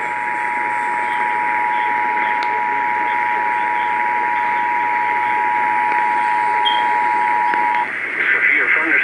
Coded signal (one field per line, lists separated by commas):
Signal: Emergency Alert System (SAME) tones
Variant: 853 and 960 Hz attention tone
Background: speech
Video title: EAS Event 8-1-17 NWR Alerts Compilation (EAS#108-125)